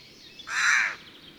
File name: Garrulus glandarius